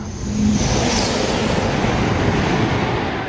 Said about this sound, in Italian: Il Maglev è quel treno che corre su un cuscinetto magnetico. E tra l'altro mi pare il caso di farvelo sentire un attimo. Ecco, è passato un treno. Normalmente ci impiega qualche secondo, invece qui ci mette pochissimo.